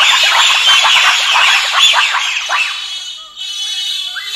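Bonobo calls: a dense, loud chorus of high shrieks and yelps that blend together, then fade to quieter squeals.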